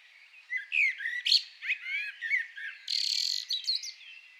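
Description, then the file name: Common blackbird song: several mellow fluted phrases followed by a squeaky, strained twitter near the end. "Turdus merula"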